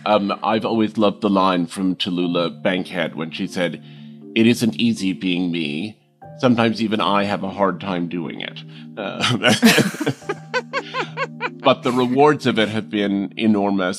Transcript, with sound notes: I've always loved the line from Tallulah Bankhead when she said, it isn't easy being me. Sometimes even I have a hard time doing it. (LAUGHTER) But the rewards of it have been enormous.